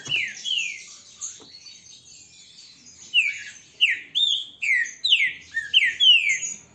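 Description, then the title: Green-winged saltator song: a few falling whistled phrases, a quieter spell, then from about three seconds a run of strong, falling whistled phrases. Strong, loud song. "Canto De Trinca Ferro. ESSE CANTA FORTE, Trinca ferro PEITO DE AÇO"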